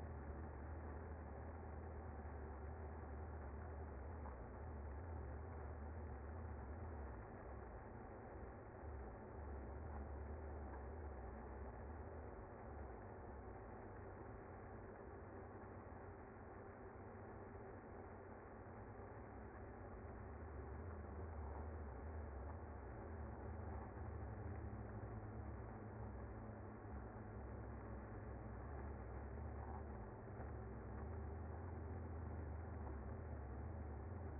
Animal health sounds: honeybee colony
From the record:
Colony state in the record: active

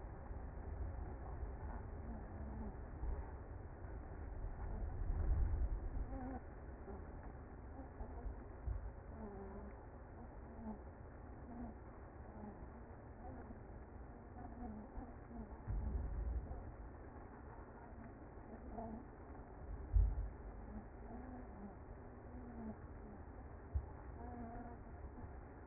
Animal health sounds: honeybee colony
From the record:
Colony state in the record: active

